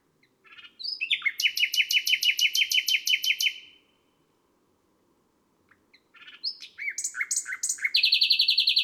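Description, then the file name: Nightingale song: a long, rapid series of loud, identical chugging notes for about three seconds, silence, then a varied phrase ending in a high, fast rattle. Recorded on a May night. "Un rossignol enregistre une nuit de mai"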